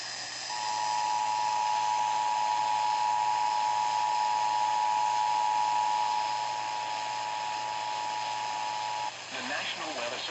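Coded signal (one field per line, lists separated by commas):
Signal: Emergency Alert System (SAME) tones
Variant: 853 and 960 Hz attention tone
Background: speech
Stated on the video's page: Real severe weather alerts.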